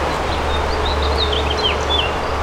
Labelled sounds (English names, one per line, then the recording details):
House Finch song
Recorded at East Hampton on Long Island, New York, on 15 June 2013
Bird D